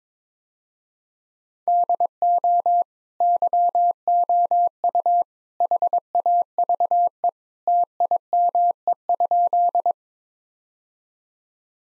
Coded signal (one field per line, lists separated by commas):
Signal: Morse code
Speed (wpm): 22 wpm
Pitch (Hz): 700 Hz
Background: none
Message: DO YOU HAVE TIME?